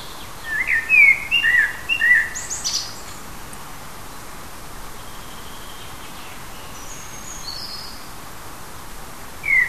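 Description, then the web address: Bird chirping in a quick cluster of short sharp notes near the start, then mostly steady hiss with a few faint high notes and another chirp at the end. Native birds of a hedge habitat, recorded in June. "oeko hecke vogel juni vogel heimisch"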